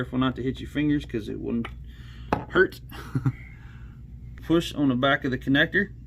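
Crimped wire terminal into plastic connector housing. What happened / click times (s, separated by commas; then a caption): Handled, not yet home: the wire terminal has not clicked into the connector housing / none. Someone talks while handling a crimped wire terminal at the back of a plastic RC connector housing, ready to push it in until it locks. A faint, brief tick is heard at about 4.4 s amid the speech, but the terminal has not gone home yet and nothing has seated or clicked.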